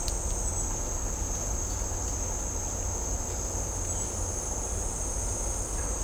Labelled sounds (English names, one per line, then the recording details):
none
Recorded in dense forest near Puerto Asís, Putumayo, Colombia, on 18 December 2024 at 16:30
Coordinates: 0.503, -76.323
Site G043